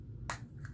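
The snap lid on a small plastic bead container in a storage tray is flipped open, opening very easily. A sharp snap rings out at 0.3 seconds, followed by a couple of faint clicks, and the lid is released open.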